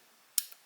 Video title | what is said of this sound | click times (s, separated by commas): How to Change Fitbit Charge 4 Bands | hear that click give it a tug make sure it's in there good and | 0.4 s